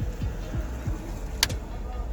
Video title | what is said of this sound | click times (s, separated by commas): 2007-2009 Chevy Equinox Turn Signal Switch | there you go you heard that snap make sure it's snapped on both sides | 1.4 s